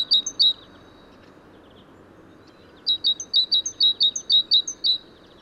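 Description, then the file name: Great tit song: high, bright two-note phrases repeated quickly, a short burst then a longer run of several pairs after a pause, over steady low background hiss. "Parus major"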